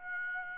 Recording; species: mosquito wingbeat signal from an infrared sensor; Aedes aegypti